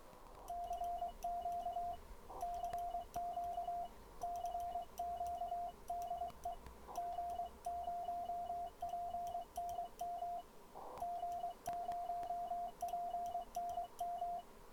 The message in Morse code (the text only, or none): CQ CQ CQ DE G0PNM G0PNM